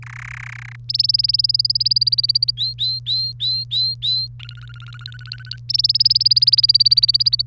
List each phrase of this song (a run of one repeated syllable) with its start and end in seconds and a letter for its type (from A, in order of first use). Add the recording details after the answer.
0.02-0.76 A, 0.89-2.51 B, 2.57-4.27 C, 4.39-5.56 D, 5.69-7.42 B. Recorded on 1 May 2018 at 07:23. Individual llb3